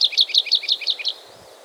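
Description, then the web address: Bird song, a quick series of about seven high sharp two-part chirps, evenly spaced, then stopping. "ptica v divata priroda"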